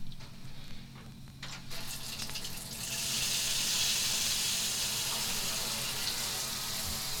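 A few soft knocks and clicks, then a shower is turned on and bursts into a loud, steady hiss of warm running water that continues evenly to the end with no talking.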